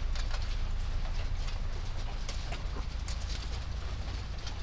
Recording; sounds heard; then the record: poultry house recording; sick chickens (respiratory disease)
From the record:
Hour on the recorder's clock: 1